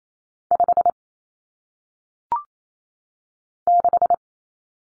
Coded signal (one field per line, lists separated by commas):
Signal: Morse code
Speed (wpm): 28 wpm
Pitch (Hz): 700 Hz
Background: none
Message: 5 6